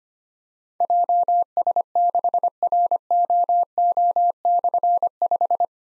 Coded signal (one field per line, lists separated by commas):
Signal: Morse code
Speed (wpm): 25 wpm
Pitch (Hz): 700 Hz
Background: none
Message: JS6ROO/5